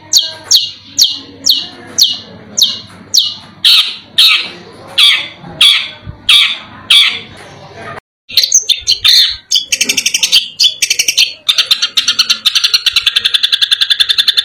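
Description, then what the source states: Long-tailed shrike song: a series of harsh, high, evenly spaced notes about twice a second, a short pause, then a fast, buzzy, continuous chattering trill. Masteran (training recording) of cendet song.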